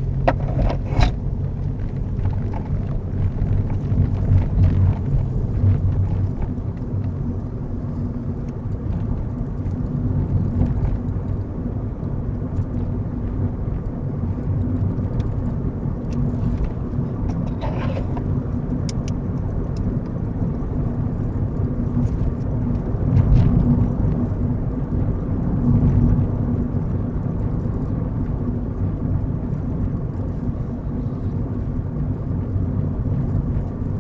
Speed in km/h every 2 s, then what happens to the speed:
29, 35, 37, 39, 42, 45, 47, 48, 48, 48, 50, 48, 47, 45, 44, 44, 44.
0-14 speeds up to 48. 14-21 steady at about 48. 21-27 slows to 44. 27-34 steady at about 44.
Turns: none.